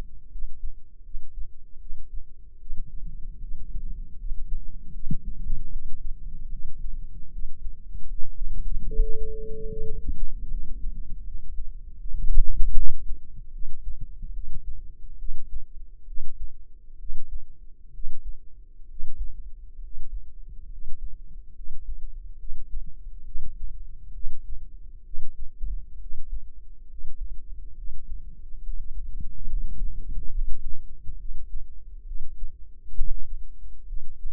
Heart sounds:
heart sounds by microphone in the left ear; 72 bpm
0.30 s: heartbeat
1.03 s: heartbeat
1.79 s: heartbeat
2.58 s: heartbeat
3.40 s: heartbeat
4.17 s: heartbeat
4.92 s: heartbeat
5.70 s: heartbeat
6.49 s: heartbeat
7.30 s: heartbeat
8.07 s: heartbeat
8.85 s: heartbeat
9.68 s: heartbeat
10.48 s: heartbeat
11.24 s: heartbeat
11.97 s: heartbeat
12.73 s: heartbeat
13.51 s: heartbeat
14.32 s: heartbeat
15.17 s: heartbeat
16.05 s: heartbeat
16.97 s: heartbeat
17.91 s: heartbeat
18.87 s: heartbeat
19.80 s: heartbeat
20.69 s: heartbeat
21.53 s: heartbeat
22.37 s: heartbeat
23.23 s: heartbeat
24.12 s: heartbeat
25.03 s: heartbeat
25.98 s: heartbeat
26.87 s: heartbeat
27.74 s: heartbeat
28.61 s: heartbeat
29.46 s: heartbeat
30.31 s: heartbeat
31.16 s: heartbeat
32.03 s: heartbeat
32.93 s: heartbeat
33.85 s: heartbeat
From the record:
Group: healthy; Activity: rest 0-12 s, Valsalva maneuver 12-34 s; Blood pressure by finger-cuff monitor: 110/72 mmHg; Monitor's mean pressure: 83 mmHg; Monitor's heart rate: 73 bpm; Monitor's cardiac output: 5.7 L/min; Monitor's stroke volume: 75 mL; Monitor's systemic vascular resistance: 1050 dyn s/cm5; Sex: female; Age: 22 years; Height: 160 cm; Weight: 45 kg

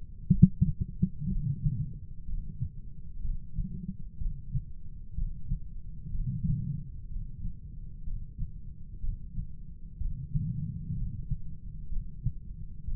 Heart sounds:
heart sounds by stethoscope; 62 bpm
0.32 s: heartbeat
1.30 s: heartbeat
2.27 s: heartbeat
3.23 s: heartbeat
4.20 s: heartbeat
5.16 s: heartbeat
6.14 s: heartbeat
7.10 s: heartbeat
8.06 s: heartbeat
9.03 s: heartbeat
9.99 s: heartbeat
10.96 s: heartbeat
11.92 s: heartbeat
12.87 s: heartbeat
From the record:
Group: heart failure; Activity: rest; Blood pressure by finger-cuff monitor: 122/83 mmHg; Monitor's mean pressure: 97 mmHg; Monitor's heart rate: 62 bpm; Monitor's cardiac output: 6 L/min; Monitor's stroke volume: 97 mL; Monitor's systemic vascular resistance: 1200 dyn s/cm5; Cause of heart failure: non-ischemic cardiomyopathy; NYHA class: 1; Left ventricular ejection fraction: 25%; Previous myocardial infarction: absent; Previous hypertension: absent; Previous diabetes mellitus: absent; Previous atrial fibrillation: present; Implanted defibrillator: absent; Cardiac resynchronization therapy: absent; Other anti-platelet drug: absent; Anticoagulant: apixaban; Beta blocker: bisoprolol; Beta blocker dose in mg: 7.5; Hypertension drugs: sacubitril-valsartan, spironolactone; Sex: male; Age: 48 years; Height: 183 cm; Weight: 96 kg

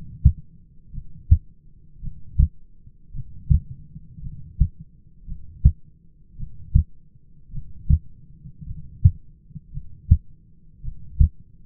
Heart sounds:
heart sounds by stethoscope; 55 bpm
0.93 s: heartbeat
2.02 s: heartbeat
3.13 s: heartbeat
4.22 s: heartbeat
5.26 s: heartbeat
6.38 s: heartbeat
7.52 s: heartbeat
8.66 s: heartbeat
9.72 s: heartbeat
10.83 s: heartbeat
From the record:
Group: heart failure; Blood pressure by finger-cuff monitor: 96/57 mmHg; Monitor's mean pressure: 69 mmHg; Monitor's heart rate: 55 bpm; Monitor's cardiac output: 5.9 L/min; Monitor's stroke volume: 107 mL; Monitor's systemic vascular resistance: 840 dyn s/cm5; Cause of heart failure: dilated cardiomyopathy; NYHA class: 2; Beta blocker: bisoprolol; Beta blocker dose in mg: 10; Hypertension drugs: sacubitril-valsartan, spironolactone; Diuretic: furosemide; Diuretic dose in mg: 40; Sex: male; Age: 29 years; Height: 174 cm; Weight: 92 kg

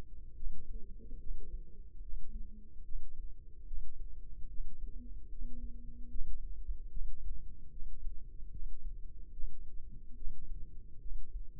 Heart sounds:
heart sounds by microphone in the left ear; 73 bpm
0.36 s: heartbeat
1.20 s: heartbeat
2.02 s: heartbeat
2.84 s: heartbeat
3.67 s: heartbeat
4.49 s: heartbeat
5.30 s: heartbeat
6.10 s: heartbeat
6.91 s: heartbeat
7.71 s: heartbeat
8.51 s: heartbeat
9.33 s: heartbeat
10.16 s: heartbeat
11.00 s: heartbeat
From the record:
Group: healthy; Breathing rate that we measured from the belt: 19 breaths a minute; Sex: male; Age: 55 years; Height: 167 cm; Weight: 57.2 kg

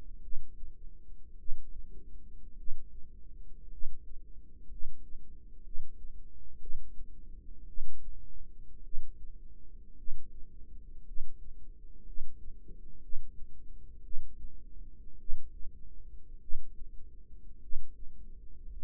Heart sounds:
heart sounds by microphone in the right ear; 55 bpm
0.20 s: heartbeat
1.36 s: heartbeat
2.55 s: heartbeat
3.68 s: heartbeat
4.67 s: heartbeat
5.61 s: heartbeat
6.57 s: heartbeat
7.65 s: heartbeat
8.81 s: heartbeat
9.94 s: heartbeat
11.03 s: heartbeat
12.03 s: heartbeat
12.99 s: heartbeat
14.01 s: heartbeat
15.16 s: heartbeat
16.38 s: heartbeat
17.59 s: heartbeat
18.69 s: heartbeat
From the record:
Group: healthy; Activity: rest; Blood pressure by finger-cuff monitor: 146/61 mmHg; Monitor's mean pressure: 87 mmHg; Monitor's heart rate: 55 bpm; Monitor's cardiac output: 6.6 L/min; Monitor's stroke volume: 114 mL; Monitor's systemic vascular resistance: 980 dyn s/cm5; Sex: male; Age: 25 years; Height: 170 cm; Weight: 70.4 kg

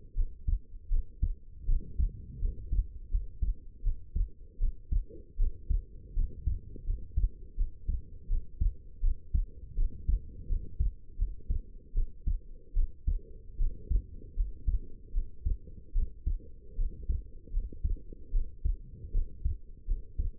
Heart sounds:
heart sounds by stethoscope; 79 bpm
0.15 s: heartbeat
0.89 s: heartbeat
1.66 s: heartbeat
2.40 s: heartbeat
3.10 s: heartbeat
3.83 s: heartbeat
4.59 s: heartbeat
5.37 s: heartbeat
6.14 s: heartbeat
6.85 s: heartbeat
7.56 s: heartbeat
8.28 s: heartbeat
9.01 s: heartbeat
9.76 s: heartbeat
10.48 s: heartbeat
11.17 s: heartbeat
11.94 s: heartbeat
12.74 s: heartbeat
13.57 s: heartbeat
14.35 s: heartbeat
15.13 s: heartbeat
15.93 s: heartbeat
16.76 s: heartbeat
17.52 s: heartbeat
18.32 s: heartbeat
19.12 s: heartbeat
19.86 s: heartbeat
From the record:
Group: healthy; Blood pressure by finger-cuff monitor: 100/63 mmHg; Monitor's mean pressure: 74 mmHg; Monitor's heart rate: 80 bpm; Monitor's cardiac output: 6.1 L/min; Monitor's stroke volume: 76 mL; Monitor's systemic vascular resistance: 870 dyn s/cm5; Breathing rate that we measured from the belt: 17 breaths a minute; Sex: female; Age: 19 years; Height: 163 cm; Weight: 51 kg

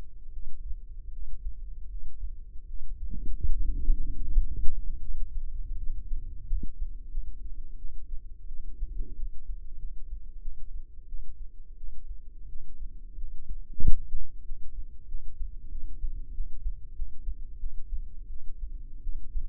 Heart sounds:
heart sounds by microphone in the left ear; 87 bpm
0.30 s: heartbeat
1.10 s: heartbeat
1.87 s: heartbeat
2.65 s: heartbeat
3.44 s: heartbeat
4.22 s: heartbeat
4.99 s: heartbeat
5.75 s: heartbeat
6.45 s: heartbeat
7.09 s: heartbeat
7.76 s: heartbeat
8.46 s: heartbeat
9.15 s: heartbeat
9.77 s: heartbeat
10.40 s: heartbeat
11.06 s: heartbeat
11.75 s: heartbeat
12.47 s: heartbeat
13.16 s: heartbeat
13.79 s: heartbeat
14.43 s: heartbeat
15.06 s: heartbeat
15.69 s: heartbeat
16.32 s: heartbeat
16.93 s: heartbeat
17.58 s: heartbeat
18.27 s: heartbeat
19.01 s: heartbeat
From the record:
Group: healthy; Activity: rest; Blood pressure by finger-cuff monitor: 84/56 mmHg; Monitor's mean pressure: 67 mmHg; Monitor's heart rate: 84 bpm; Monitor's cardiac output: 6.2 L/min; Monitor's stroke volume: 76 mL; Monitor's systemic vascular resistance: 660 dyn s/cm5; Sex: female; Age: 19 years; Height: 163 cm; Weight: 48.9 kg

